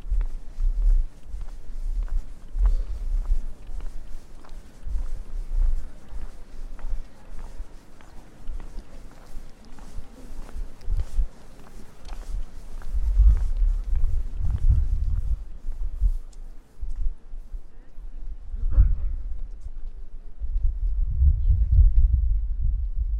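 A walk through Prague's streets, with a steady low rumble underneath and dense, quick ticking steps and knocks through the first fifteen seconds, possibly hooves. The ticks thin out later, while heavier low surges swell around 13, 19 and 21 seconds.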